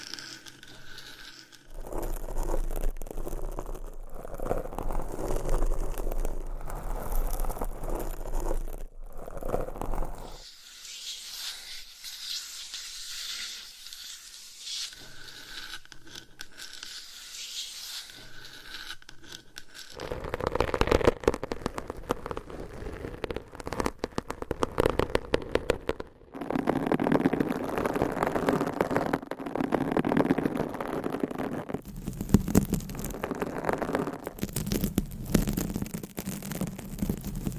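Scratching and rubbing against a microphone, the texture shifting between sections as different covers are used. Dense rasping fills the first ten seconds, a thinner, brighter scraping follows, then heavier, rougher scratching with sharp bursts returns after twenty seconds.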